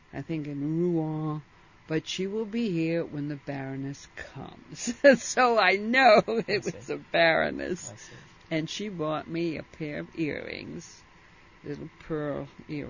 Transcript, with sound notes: I think in Roven, but she will be here when the baroness comes." ( she laughs ) So I know it was the baroness. And she bought me a pair of earrings, little pearl earrings.